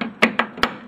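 The first ARX expansion board is pushed down firmly into its expansion slot in a Fantom G synthesizer until one of its plastic retaining clips locks with a sharp click at 0.2 s. Two more short, sharp clicks follow at 0.4 s and 0.6 s. The board is seated.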